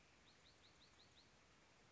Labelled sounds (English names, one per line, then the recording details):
Bewick's Wren
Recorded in Sonoma County, California